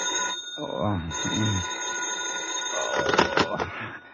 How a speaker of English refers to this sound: It's almost noon when the phone wakes you.